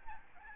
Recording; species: mosquito wingbeat signal from an infrared sensor; Aedes albopictus